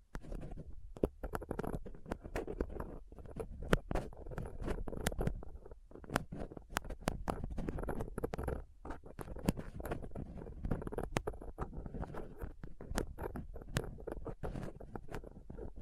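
Scratching and picking at a rough microphone with dental picks, tweezers and a cotton swab. A dense, continuous scrape and rustle runs low and muffled throughout, cut by frequent sharp clicks and ticks at irregular moments, some reaching bright and hissy.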